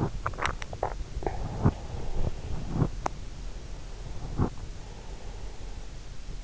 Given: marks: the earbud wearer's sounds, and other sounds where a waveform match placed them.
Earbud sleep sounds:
sounds in sleep by an in-ear microphone; swallowing, breath
0.00-1.06 s: swallowing
1.46-2.75 s: breath
3.46-6.31 s: breath

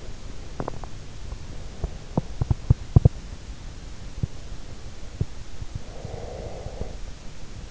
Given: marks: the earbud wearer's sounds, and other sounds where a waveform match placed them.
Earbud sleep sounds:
sounds in sleep by an in-ear microphone; body movement, breath
0.53-3.32 s: body movement
5.66-7.22 s: breath

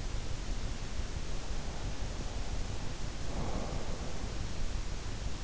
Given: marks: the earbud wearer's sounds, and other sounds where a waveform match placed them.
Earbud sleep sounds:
sounds in sleep by an in-ear microphone; breath
1.28-4.11 s: breath

